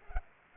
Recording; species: mosquito wingbeat signal from an infrared sensor; Culex pipiens